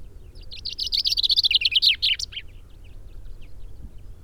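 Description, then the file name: Common chaffinch delivering one brisk song phrase, a rapid series of bright notes dropping in pitch and finishing with a short flourish, then quiet low rumble. "Fringilla coelebs"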